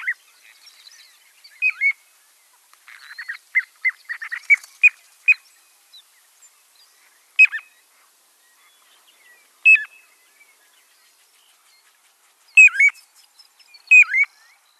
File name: Piping Plover